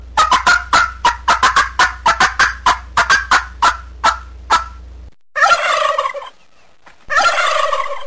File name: turkey